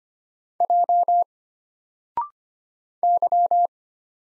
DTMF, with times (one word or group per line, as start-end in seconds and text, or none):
none